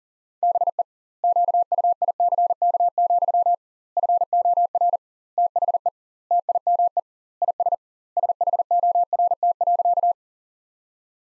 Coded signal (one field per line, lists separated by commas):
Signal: Morse code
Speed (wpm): 40 wpm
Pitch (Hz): 700 Hz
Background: none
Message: BE QUICK, FOR THE TIME IS SHORT.